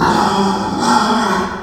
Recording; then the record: squeal of a Yucatan mini pig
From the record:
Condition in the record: after surgery on the right vocal fold (resection and tissue-engineered implant); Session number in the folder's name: 15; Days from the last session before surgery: 175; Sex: female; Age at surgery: 19 weeks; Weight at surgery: 25 kg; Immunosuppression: prednisolone